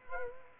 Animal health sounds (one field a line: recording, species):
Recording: mosquito wingbeat signal from an infrared sensor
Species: Culex quinquefasciatus